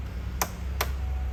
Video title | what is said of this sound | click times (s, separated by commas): Electric Frunk (Variant D) Installation Video - Tesla Model 3 (Highland) 2024+ - EVOffer | see you can hear click click that means that the the whole thing is fun functioning | 0.4 s, 0.8 s